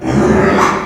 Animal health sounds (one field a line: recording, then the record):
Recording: squeal of a Yucatan mini pig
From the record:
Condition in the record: after surgery on the right vocal fold (resection and tissue-engineered implant)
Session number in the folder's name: 3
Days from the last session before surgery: 33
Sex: male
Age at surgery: 12 weeks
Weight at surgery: 13 kg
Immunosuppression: cyclosporine, prednisolone